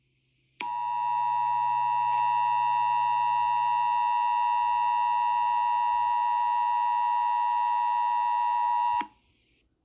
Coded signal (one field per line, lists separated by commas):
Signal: Emergency Alert System (SAME) tones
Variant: 853 and 960 Hz attention tone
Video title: Eas scenario Scp-001 as 35mm (July 26th 2008)